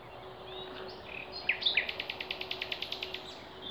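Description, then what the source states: Songbird sings a crisp trill of many evenly spaced high notes, preceded by a few sharp chirps, with fainter birdsong behind. Wild songbirds singing in Demerje forest, 28 April 2020.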